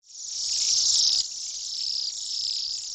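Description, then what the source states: Bohemian waxwing flock giving dense, high, thin trilled calls that blend into a continuous shimmering chorus, slightly louder at the start and steady throughout. A huge flock in the author's backyard in Duluth on a weekend in April 2011.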